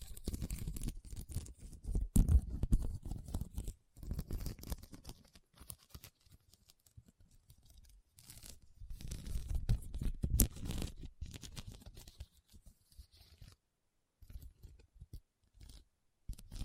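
Rhinestones are tapped and scratched in quick, uneven bursts of crackly, clicking texture. Busy stretches at the start, around four to six seconds and nine to eleven seconds alternate with short silences. Near the end the sounds turn sparse, with brief gaps between small clusters of taps.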